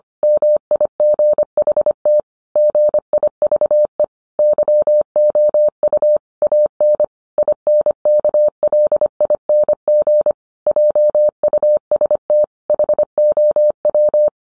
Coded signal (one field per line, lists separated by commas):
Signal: Morse code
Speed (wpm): 25 wpm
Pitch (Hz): 600 Hz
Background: none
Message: MIGHT GIVE YOU AN INKLING JUST HOW